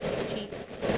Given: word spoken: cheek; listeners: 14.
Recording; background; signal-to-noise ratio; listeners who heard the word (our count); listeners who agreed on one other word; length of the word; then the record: one English word in noise, from a listening test; noise modulated by three-talker babble; -7.9 dB; 3 of 14; 9 of 14; 0.58 s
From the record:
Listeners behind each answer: 9, 3, 1, 1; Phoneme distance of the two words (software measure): 10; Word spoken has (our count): 1 syllable, 3 phonemes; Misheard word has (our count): 1 syllable, 3 phonemes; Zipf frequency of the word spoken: 3.93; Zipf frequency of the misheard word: 4.65